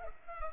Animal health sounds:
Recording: mosquito wingbeat signal from an infrared sensor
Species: Culex pipiens

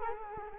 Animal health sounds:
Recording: mosquito wingbeat signal from an infrared sensor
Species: Culex quinquefasciatus

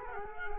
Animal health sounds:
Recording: mosquito wingbeat signal from an infrared sensor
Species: Culex quinquefasciatus

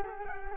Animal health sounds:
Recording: mosquito wingbeat signal from an infrared sensor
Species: Culex quinquefasciatus

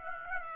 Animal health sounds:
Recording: mosquito wingbeat signal from an infrared sensor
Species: Aedes aegypti

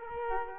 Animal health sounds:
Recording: mosquito wingbeat signal from an infrared sensor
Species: Culex quinquefasciatus

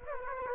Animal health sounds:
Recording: mosquito wingbeat signal from an infrared sensor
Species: Aedes aegypti

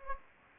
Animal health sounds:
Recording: mosquito wingbeat signal from an infrared sensor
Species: Anopheles gambiae

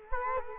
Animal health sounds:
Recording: mosquito wingbeat signal from an infrared sensor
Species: Culex quinquefasciatus

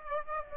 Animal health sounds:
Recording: mosquito wingbeat signal from an infrared sensor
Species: Aedes aegypti

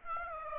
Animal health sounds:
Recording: mosquito wingbeat signal from an infrared sensor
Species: Aedes aegypti

